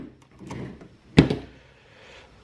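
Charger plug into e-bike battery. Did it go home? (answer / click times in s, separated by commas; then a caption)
yes / 1.2 s. A charger plug with a small lock on it is pushed into the connector of a Sur-Ron X Light Bee e-bike battery. After some faint handling noise, it clicks in sharply at 1.2 s, followed by a quick second knock and quiet. The plug latch catches and the plug is seated.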